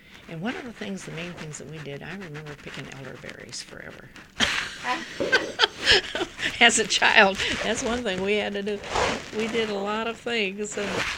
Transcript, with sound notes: And one of the things, the main things that we did, I remember picking elderberries forever. ( she laughs ) As a child. ( a rustling sound is heard in the background ) That's one thing we had to do. We did a lot of things.